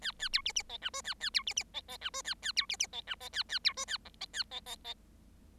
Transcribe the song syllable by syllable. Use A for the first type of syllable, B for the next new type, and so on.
A A B C C D E F A A B C C D D E F A A B C C D E D A A B F A G D A D D D